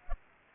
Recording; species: mosquito wingbeat signal from an infrared sensor; Culex pipiens